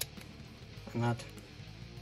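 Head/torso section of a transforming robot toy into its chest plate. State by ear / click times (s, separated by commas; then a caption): seated / 0.0 s. A plastic transforming robot toy has its head pushed down and a part brought up into its chest plate. A sharp plastic click at 0.0 s shows it has locked into place, and someone talks during a louder tonal stretch around 1.0 s.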